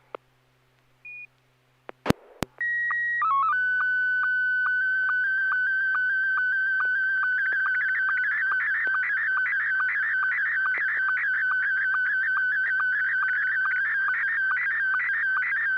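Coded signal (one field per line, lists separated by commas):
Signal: SSTV (slow-scan television)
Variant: Scottie 1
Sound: squelch crackle, short header tones, then a steady warbling tone with regular ticks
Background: FM squelch burst, low hum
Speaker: I'm going to send this one Scotty one and 6 YG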